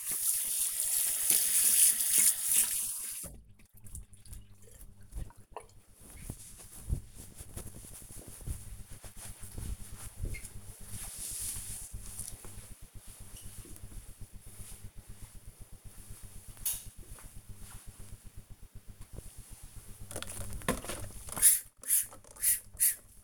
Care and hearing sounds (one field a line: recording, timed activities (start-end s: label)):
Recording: household activities, microphone on the right wrist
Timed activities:
0.00-4.97 s: washing hands
18.07-23.24 s: window cleaning